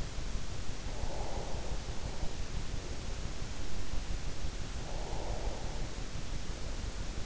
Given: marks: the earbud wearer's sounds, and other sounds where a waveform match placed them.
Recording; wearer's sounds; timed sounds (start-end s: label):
sounds in sleep by an in-ear microphone; breath
0.62-2.53 s: breath
4.69-6.41 s: breath